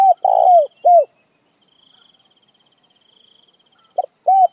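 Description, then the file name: Spotted dove cooing, a sustained coo followed by a falling one, then a new phrase starting, with a steady high insect trill in the background. Calling to gather the flock. "Tieng cu gay goi bay"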